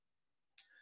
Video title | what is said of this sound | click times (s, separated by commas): See your capsids leak and pop: AAV genome ejection and capsid stability on Uncle | through that magnetized features of the uni it's a simple drop and then the unit snaps into place | 0.6 s